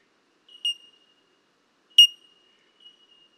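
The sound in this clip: Bell miner giving clear, ringing, bell-like pings, two sharp high notes just over a second apart, with a fainter third note after.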